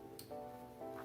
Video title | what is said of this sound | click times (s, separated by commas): How to fix Tesla Display Screen | Great. It went click. | 0.2 s